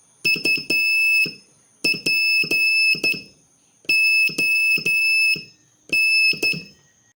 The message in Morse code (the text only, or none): UPON